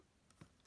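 On a plastic Transformers Cyberverse Power of the Spark Warrior Class Drift action figure, the purple shoulder lever is pushed down and the shoulder pushed forward, tripping the spring-loaded shoulder blade gimmick. A brief sharp tick comes at 0.3 s, then a louder, fuller snap at 0.4 s as the blade flips up and is released.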